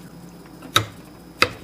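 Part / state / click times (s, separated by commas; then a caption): click-type torque wrench on a fastener / torque reached / 0.8 s, 1.4 s. A steel Harbor Freight click-type torque wrench, set to 30 foot-pounds, is pulled on a socket and fastener until it breaks over at its set torque. Two sharp, brief metallic clicks ring out at 0.8 s and 1.4 s over a quiet background, confirming the wrench clicks at its setting.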